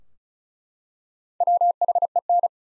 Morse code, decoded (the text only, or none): WHEN